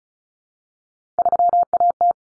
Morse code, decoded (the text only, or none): 3AT